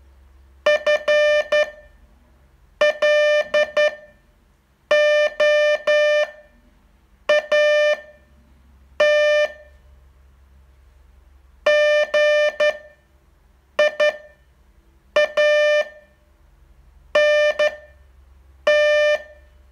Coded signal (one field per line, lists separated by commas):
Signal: Morse code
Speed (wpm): 11 wpm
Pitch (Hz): 600 Hz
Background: none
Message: FLOAT GIANT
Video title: Learn Morse in 42 Days from VU2LAU - day 38 test